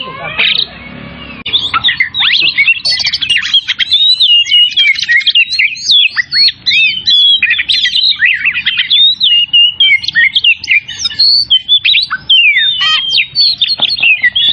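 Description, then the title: Oriental magpie-robin song: a dense, energetic run of sharp whistles, rattles and chirps, continuous after a brief softer start. Tretes type, singing vigorously (gacor). "Kacer Tretes Gacor"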